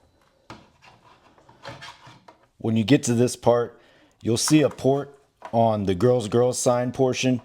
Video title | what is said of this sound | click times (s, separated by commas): NECA - Dante’s Inferno Room - Beetlejuice Unboxing and Review | Again, just pops right in. | 0.5 s